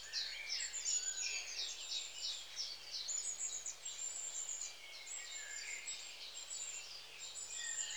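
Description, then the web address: Long-tailed tit calling continuously: dense high, thin see-see notes overlapping with buzzy, spluttering tsirrup calls. "BBC Sound Effects Library. Long Tailed TIT"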